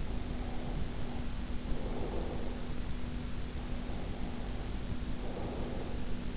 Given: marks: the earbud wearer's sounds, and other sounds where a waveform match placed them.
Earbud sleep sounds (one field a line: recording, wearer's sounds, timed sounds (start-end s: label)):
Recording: sounds in sleep by an in-ear microphone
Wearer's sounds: breath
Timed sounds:
0.01-2.92 s: breath
3.52-6.33 s: breath